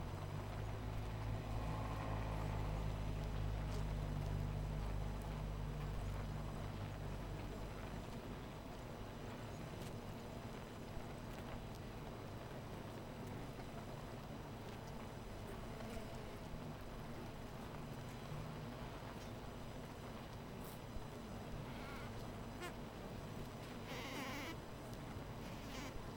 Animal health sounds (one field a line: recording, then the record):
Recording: honeybee colony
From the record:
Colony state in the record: missing queen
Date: 14 July 2017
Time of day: 13:20